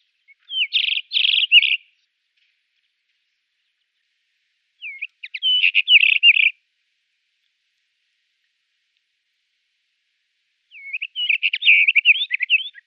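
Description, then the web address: White-crowned wheatear song: three bursts of mixed whistles and scratchy notes, several seconds apart. "Schulze Peter White-crowned Wheatear song"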